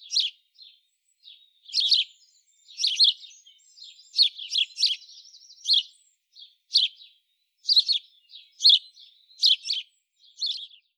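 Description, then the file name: House sparrow chirping, a long series of loud clipped chirps, often doubled, with brief faint twitters in between, on a quiet background. "Passer domesticus"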